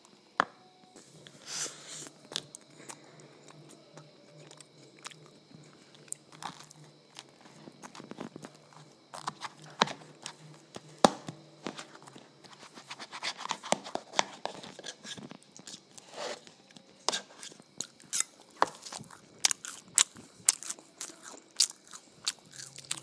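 Someone eating ice cream and waffles, with crisp crunches and clicks scattered through the whole stretch, bunching into denser bursts around the middle and near the end. A low steady hum and a faint high whine run underneath, and the crunch of the waffle stands out sharp and bright.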